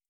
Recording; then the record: hydrophone in a shrimp aquaculture tank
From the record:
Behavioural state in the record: starved